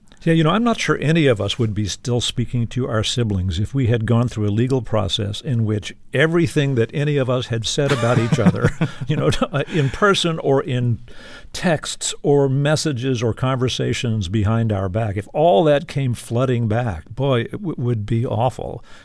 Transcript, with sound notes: Yeah, you know, I'm not sure any of us would be still speaking to our siblings if we had gone through a legal process in which everything that any of us had said about each other...
(Laughter).
...You know, in person or in texts or messages or conversations behind our back, if all that came flooding back, boy, it would be awful.